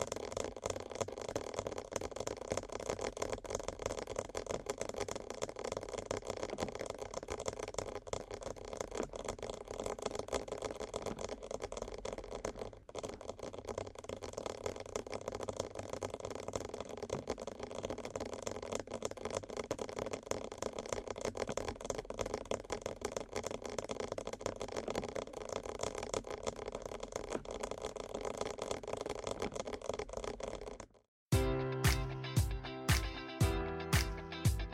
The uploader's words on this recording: ASMR Fast Ear Tapping (No Talking).